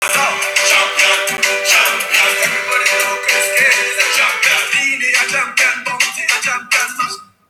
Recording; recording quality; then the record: shallow voluntary cough; poor, much background noise or distortion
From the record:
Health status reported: COVID-19 positive, no symptoms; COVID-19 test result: positive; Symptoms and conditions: breathing difficulty, diarrhoea, asthma, chronic lung disease, diabetes, ischaemic heart disease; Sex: other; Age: 77 years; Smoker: not ticked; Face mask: not worn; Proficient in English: yes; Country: France